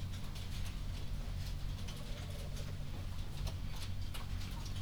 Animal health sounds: poultry house recording; healthy chickens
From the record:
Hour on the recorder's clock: 22

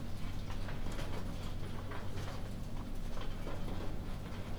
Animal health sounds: poultry house recording; no chicken sound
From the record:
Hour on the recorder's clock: 3

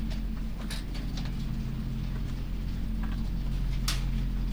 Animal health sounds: poultry house recording; sick chickens (respiratory disease)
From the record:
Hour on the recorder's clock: 23

